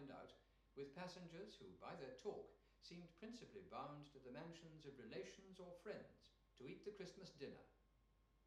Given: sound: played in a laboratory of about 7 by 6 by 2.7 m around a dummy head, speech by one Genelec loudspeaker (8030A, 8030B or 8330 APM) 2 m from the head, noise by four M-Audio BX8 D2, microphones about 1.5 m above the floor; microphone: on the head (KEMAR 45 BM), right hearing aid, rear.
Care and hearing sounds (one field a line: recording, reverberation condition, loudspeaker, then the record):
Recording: male speech in English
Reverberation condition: medium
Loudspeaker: 120 degrees to the right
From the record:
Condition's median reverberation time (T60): about 510 ms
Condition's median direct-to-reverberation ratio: about -0.5 dB